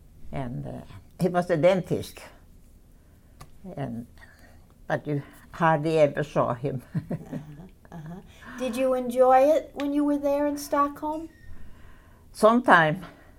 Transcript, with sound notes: And, he was a dentist. And, but you hardly ever saw him. (she laughs)
Did you enjoy it when you were there in Stockholm?
Sometime.